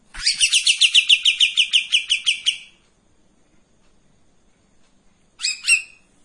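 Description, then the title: Streak-eared bulbul song: a long, fast series of bright, repeated notes lasting over two seconds, then a long pause and a brief two-note phrase. Long song phrases of the styles called tembakan and besetan panjang, from a bird in full song (gacor); recording meant as tutor audio for training white-rumped shama. "KAPAS TEMBAK GACOR TEMBAKAN DAN BESETAN PANJANG MASTERAN MURAI BATU PASTOL"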